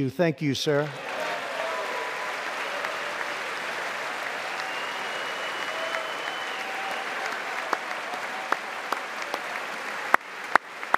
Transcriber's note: applause